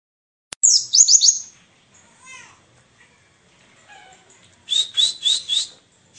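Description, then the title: White-eye song: a burst of fast, high, sweeping chirps, a quieter warble, then a run of four bright notes near the end. Forest-type white-eye ('ngalas'), isian filler song used for masteran, tutoring captive songbirds. "mster Mnuk. Pleci ngalas isian untuk masteran"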